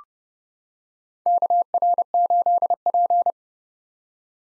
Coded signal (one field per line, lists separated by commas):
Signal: Morse code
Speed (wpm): 30 wpm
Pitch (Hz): 700 Hz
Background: none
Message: KR8P